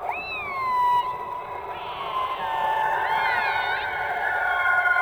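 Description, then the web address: Orca calls underwater, a bending tonal squeal followed by buzzy pulsed calls and wavering upper harmonics. "subacuatica Audio archivos Orcas"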